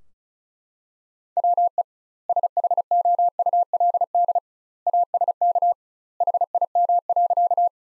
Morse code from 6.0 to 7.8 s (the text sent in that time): HIM.